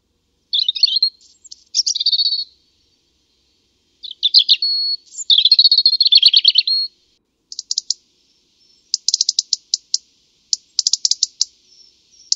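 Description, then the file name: European robin delivering thin, high, warbled phrases followed by quick sparkling trills, each burst separated by short silences; nothing else audible. "le chant du Rouge-gorge"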